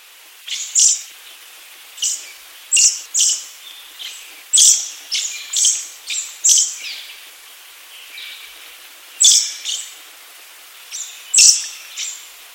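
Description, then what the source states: Little Lorikeet giving sharp, high, buzzy screeches in short bursts, often paired, separated by irregular pauses. Australia's smallest lorikeet, found scattered across the east coast of Australia; recording by Greg McLachlan.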